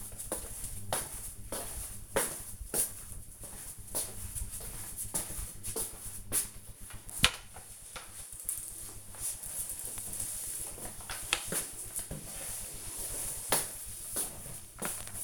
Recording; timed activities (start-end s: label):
household activities, microphone on the right wrist
6.15-15.24 s: floor cleaning